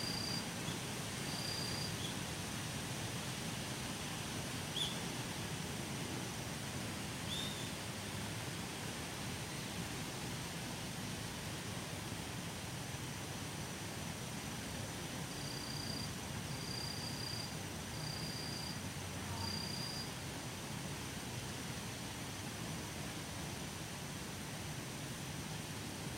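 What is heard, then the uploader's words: A steady, dense rush of wind through trees fills the whole recording, low and even with no real lulls. Faint, thin bird notes repeat near the start and again in a short run between about 15 and 20 seconds. とある鳥鳴く風の強い木々の中. Birds singing in the windy trees. 人目につかないところにマイクを放置しといて収録。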